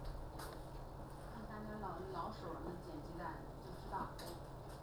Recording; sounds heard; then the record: poultry house recording; no chicken sound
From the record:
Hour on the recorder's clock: 9